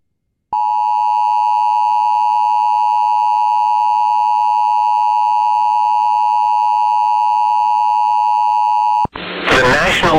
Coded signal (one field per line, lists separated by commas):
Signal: Emergency Alert System (SAME) tones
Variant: 853 and 960 Hz attention tone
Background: speech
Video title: 8/30/20 EAS Alerts Compilation(EAS 78-92)